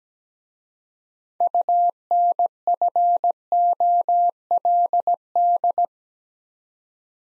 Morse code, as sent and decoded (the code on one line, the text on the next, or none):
..- -. ..-. --- .-.. -..
UNFOLD